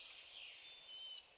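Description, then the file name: Hazel grouse giving a single thin, very high whistle held steady for well over half a second before cutting off. "haselhuhn"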